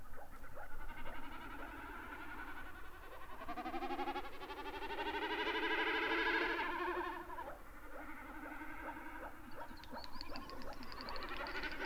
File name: Drumming Common And Distant Lekking Great Snipes